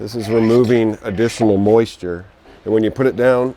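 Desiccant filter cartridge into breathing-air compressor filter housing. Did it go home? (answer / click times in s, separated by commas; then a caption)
no / none. A desiccant dryer filter cartridge, part 58825, for a Bauer breathing-air compressor is handled just before being pushed down into its filter housing while someone talks. The clip ends before the part goes home, so nothing has seated or clicked yet.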